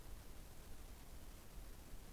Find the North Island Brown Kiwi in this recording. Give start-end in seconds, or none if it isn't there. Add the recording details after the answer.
none. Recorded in New Zealand on 15 November 2013. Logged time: 00:43. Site BV22